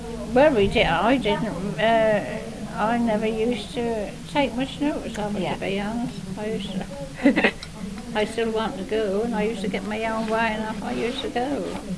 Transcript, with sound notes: Well we didn't, I didn't eh I never used to take much notice of it to be honest.
Yeah. [laughs]
I used to, I'd still want to go. And I used to get my own way and I used to go.